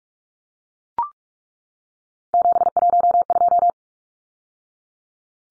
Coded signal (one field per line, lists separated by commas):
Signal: Morse code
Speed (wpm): 44 wpm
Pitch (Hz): 700 Hz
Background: none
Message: 712